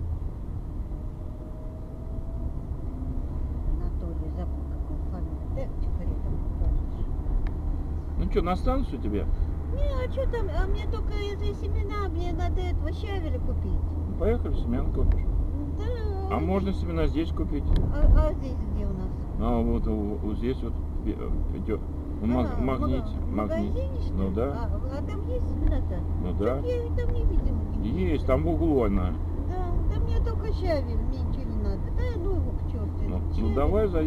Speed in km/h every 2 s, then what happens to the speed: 22, 25, 27, 28, 29, 30, 31, 30, 29, 28, 28, 30, 31, 32, 32, 32, 32.
0-11 speeds up to 31. 11-34 steady at about 31.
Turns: none.